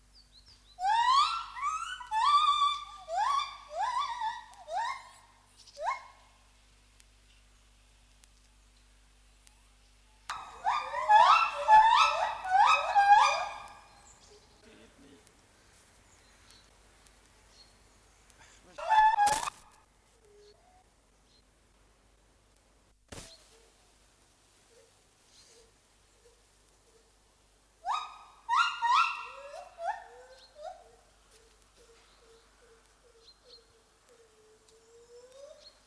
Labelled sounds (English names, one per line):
Lar Gibbon call